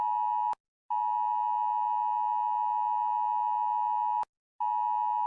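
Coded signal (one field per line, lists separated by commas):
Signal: Emergency Alert System (SAME) tones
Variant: 853 and 960 Hz attention tone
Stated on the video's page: Fictional EAS scenario depicting a sea level rise outbreak; simulated alert, not a real broadcast.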